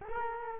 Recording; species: mosquito wingbeat signal from an infrared sensor; Culex quinquefasciatus